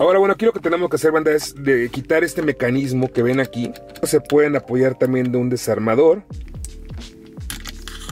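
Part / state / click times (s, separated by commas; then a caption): gear shift lever retaining mechanism in a car center console / released / 7.5 s. Someone talks over background music while the gear shift lever retaining mechanism in the center console of a Volkswagen GTI MK7, with the car in neutral, is pried with a screwdriver. After the talking stops, a few sharp clicks follow, and the mechanism clicks free at 7.5 s, releasing it so the lever can be pulled up.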